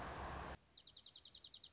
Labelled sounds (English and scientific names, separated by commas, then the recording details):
Dark-eyed Junco (Junco hyemalis)
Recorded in Sonoma County, California